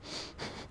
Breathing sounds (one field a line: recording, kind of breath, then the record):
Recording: one breath in and out by a microphone near the nose and mouth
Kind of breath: strong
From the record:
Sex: male